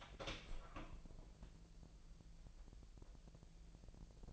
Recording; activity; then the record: daily activity, microphone in the room; open door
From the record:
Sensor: 5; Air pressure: 1001.4 hPa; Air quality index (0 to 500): 249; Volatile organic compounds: 35 ppm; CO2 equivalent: 3058 ppm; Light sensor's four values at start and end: 37/86/34/33 and 37/85/34/33